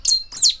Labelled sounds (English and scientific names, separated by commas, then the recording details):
Stitchbird (Notiomystis cincta) song
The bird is a male
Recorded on Tiritiri Matangi Island, New Zealand, in 2005
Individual 8, of nest box 10